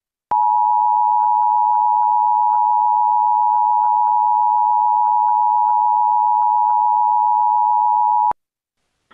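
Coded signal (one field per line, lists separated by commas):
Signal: Emergency Alert System (SAME) tones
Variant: 853 and 960 Hz attention tone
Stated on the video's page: Mock EAS AMBER Alert on an imaginary station, with valid tones and a real message.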